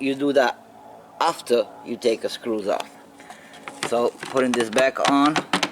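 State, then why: Not seated. Someone talks while handling the plastic reverse/tail light housing of a Lexus GX 460, being refitted onto the vehicle with a plastic retaining tab that goes into a hole in the rear body panel. Between stretches of speech there are brief faint handling noises, with a short sharp tick near 3.7 s. The clip ends before the part goes home, and nothing has seated or clicked yet.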